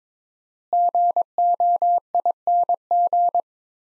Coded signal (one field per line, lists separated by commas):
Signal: Morse code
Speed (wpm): 22 wpm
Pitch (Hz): 700 Hz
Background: none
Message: GOING